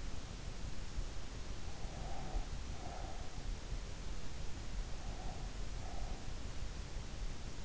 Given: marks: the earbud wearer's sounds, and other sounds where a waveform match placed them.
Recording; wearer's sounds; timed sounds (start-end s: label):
sounds in sleep by an in-ear microphone; breath
1.87-3.68 s: breath
4.91-6.44 s: breath